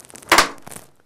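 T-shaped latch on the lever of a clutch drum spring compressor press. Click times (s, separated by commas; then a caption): 0.3 s. On a homemade clutch spring compressor press, with the clutch drum set on it and centered in the notch in the wood, the upper lever is pressed down. Faint ticks lead up to a loud, broad snap at 0.3 s as the T-shaped latch snaps into place and holds the lever, freeing the hands for the snap ring pliers. A softer rustle follows around 0.7 to 0.8 s.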